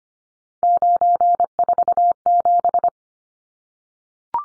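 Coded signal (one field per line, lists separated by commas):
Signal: Morse code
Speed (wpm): 25 wpm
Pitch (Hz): 700 Hz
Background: none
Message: 947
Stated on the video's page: Three-digit number head-copy drill at 25wpm, each sent in Morse, spoken, then sent again.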